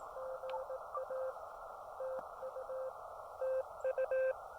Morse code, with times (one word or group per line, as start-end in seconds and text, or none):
0.2-1.3 GA
2.0-2.9 TU
3.4-4.3 TU